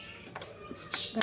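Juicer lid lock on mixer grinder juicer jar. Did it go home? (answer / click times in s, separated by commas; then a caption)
yes / 1.2 s. A Maharaja mixer grinder's juicer jar has its lid lock pressed firmly and turned. A light tap comes at 0.4 s and a brief rustling scrape near 0.9 s. The lock then clicks home at 1.2 s and is seated.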